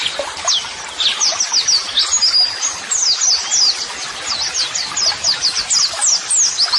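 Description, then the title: White-eye song: rapid, high, thin twittering with quick descending notes, dense and unbroken across the whole stretch. Masteran (model song) audio for training white-eyes, described as therapy audio meant to make a bird answer at once; 'gacor' meaning a vigorously singing bird. "Pleci Gacor. LANGSUNG NYAUT MASTERAN AUDIO TERAPI PLECI"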